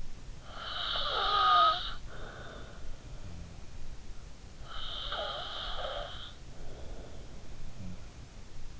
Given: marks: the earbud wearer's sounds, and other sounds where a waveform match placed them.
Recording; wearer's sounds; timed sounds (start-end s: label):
sounds in sleep by an in-ear microphone; snoring breath
0.00-3.26 s: snoring breath
4.37-7.69 s: snoring breath